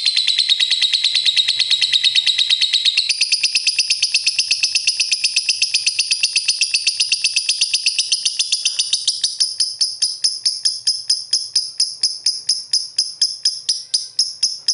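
Bird song as a long continuous high trill of rapidly repeated notes, shifting pitch partway, then slowing into distinct fast chirps.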